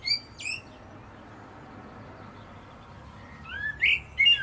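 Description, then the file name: Common blackbird with two short high notes, a noisy gap, then a few squeaky twittering notes at the end over steady background hiss. "Turdus merula"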